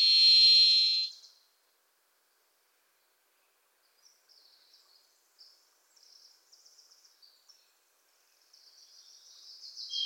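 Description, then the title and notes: Varied thrush's sustained buzzy whistle ends at the start, followed by quiet, then scattered soft chattering trills from a Wilson's Warbler building to a louder trill. Sings from deep within trees in forests of the Pacific Northwest, hard to locate; a Wilson's Warbler sings alongside. "The Varied Thrush, Ixoreus naevius, is a wisp in the forests of the Pacific Northwest."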